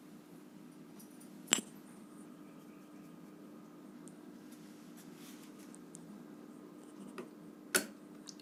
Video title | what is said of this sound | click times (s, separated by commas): How to UPGRADE / INSTALL RAM in Laptop {Hindi} Youtuber Shiva | आप देख रहे हैं यहाँ पर दोनों तरफ से टक की आवाज़ आ चुकी है और हमारी रैम बिल्कुल ईजिली अच्छे से इंस्टॉल हो चुकी है। | 1.5 s, 7.8 s